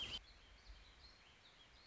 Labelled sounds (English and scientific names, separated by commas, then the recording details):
Warbling Vireo (Vireo gilvus)
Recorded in Sonoma County, California